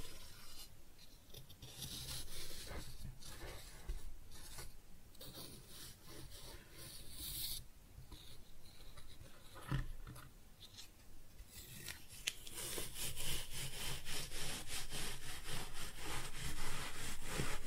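Kinetic sand being cut and scooped, heard as a steady run of soft, gritty scraping strokes that come in quick, uneven pulses. After about twelve seconds the rasping grows louder and denser, becoming a continuous crunchy grind through the end.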